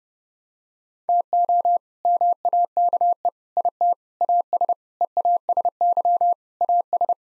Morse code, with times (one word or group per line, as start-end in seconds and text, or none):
1.1-1.8 TO
2.1-3.3 MAKE
3.6-3.9 IT
4.2-4.7 AS
5.0-6.3 EASY
6.6-7.1 AS